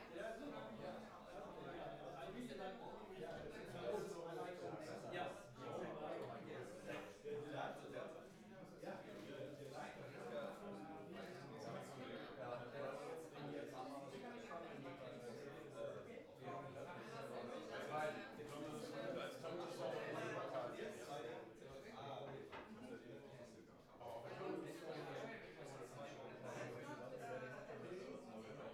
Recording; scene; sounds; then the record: everyday scene through a hearing-aid microphone; many people talking; many voices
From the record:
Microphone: behind the ear, left, front